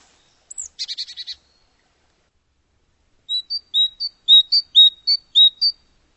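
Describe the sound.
Bird calls: a brief buzzy, rattling burst of notes, then after a pause a string of short, high, sweet chirps.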